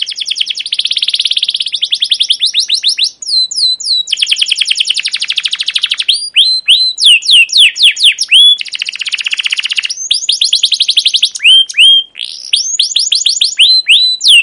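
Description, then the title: Canary song, a long continuous run of rapid trills and down-slurred chirps, switching between fast buzzy rolls and clear whistled notes with almost no pauses. Captive canary long continuous chirping song used as a lure and model for teaching young canaries to sing. "CUIT CUIT NGEROL LANGSUNG GACOR PANJANG Kenari Ini AMPUH Utk Pancingan KENAR. PANCINGAN Kenari GACOR PANJANG Cuit CUIT EMOSI ini AMPUH utk MASTERAN Kenari PAUD belajar BUNYI"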